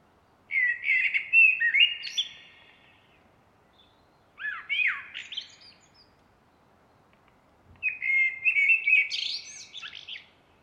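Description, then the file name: Common blackbird delivering three fluty song phrases separated by silent gaps, each mixing rich whistled notes with scratchy higher flourishes. "Turdus merula"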